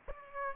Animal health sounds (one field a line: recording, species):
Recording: mosquito wingbeat signal from an infrared sensor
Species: Aedes aegypti